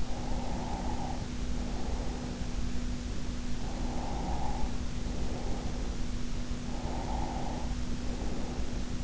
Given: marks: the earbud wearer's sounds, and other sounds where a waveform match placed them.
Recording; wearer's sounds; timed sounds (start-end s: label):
sounds in sleep by an in-ear microphone; breath
0.00-2.58 s: breath
3.62-6.07 s: breath
6.64-8.98 s: breath